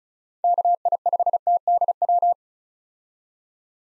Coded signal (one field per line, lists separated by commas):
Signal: Morse code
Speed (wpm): 34 wpm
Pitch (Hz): 700 Hz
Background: none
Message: KI5TDW